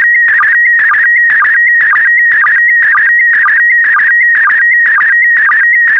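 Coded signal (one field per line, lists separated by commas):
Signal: SSTV (slow-scan television)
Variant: PD120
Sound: warbling tone near 1.9 kHz with rhythmic low sync blips and raspy bursts twice a second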